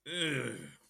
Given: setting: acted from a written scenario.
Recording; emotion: vocal sound without words; disgust